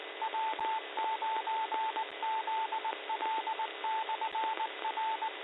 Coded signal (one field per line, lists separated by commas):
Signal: Morse code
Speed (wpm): 19 wpm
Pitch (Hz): 880 Hz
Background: radio noise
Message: W9ZL/R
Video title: APPLETON AMATURE RADIO, COFFEE CLUTCH NET, 11 08 2023 09 30 34